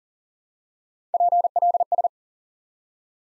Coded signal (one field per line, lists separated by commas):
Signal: Morse code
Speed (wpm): 37 wpm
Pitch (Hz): 700 Hz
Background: none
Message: PLS